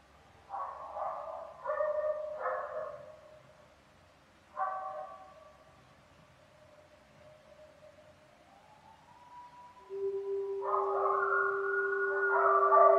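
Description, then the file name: Coyotes yipping in a few short choppy bursts, then a lone thin howl sliding upward and holding, followed by a swelling chorus of overlapping wavering howls over a steady low tone. Several coyotes, recorded on 5 November 2015. "coyotes 20151105"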